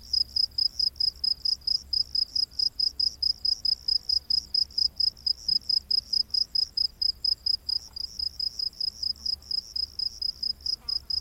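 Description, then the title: Cricket chirps, shrill and pulsed, repeated in a dense, even series. Rainforest at night. "Crickets of the Rainforest"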